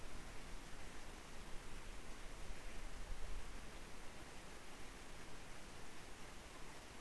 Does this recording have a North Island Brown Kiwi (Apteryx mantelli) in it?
no